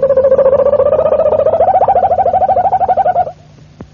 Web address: canarios cantoharz